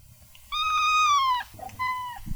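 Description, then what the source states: Domestic cat meowing: one long, slightly falling meow, then a shorter second meow. Cats in the Athens Area Humane Society's adoptable cat room, in spacious metal cages, waiting for new homes.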